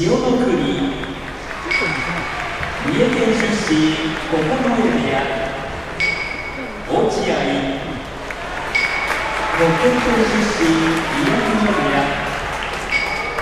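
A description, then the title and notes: Busy crowd sound at Tokyo Station, a dense, continuous murmur of many voices talking over one another. Brief tonal chimes or announcement tones ring out around two, six and nine seconds, and a faint low rumble runs underneath throughout. Sounds of Tokyo | Tokyo, Japan. Tokyo Station.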